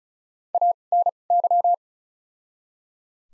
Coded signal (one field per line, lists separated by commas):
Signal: Morse code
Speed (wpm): 34 wpm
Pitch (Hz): 700 Hz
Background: none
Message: A N Y